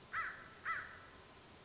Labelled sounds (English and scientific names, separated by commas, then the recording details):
American Crow (Corvus brachyrhynchos)
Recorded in Sonoma County, California